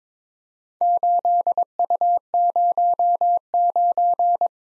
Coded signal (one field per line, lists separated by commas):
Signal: Morse code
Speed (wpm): 22 wpm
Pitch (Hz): 700 Hz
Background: none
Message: 8U09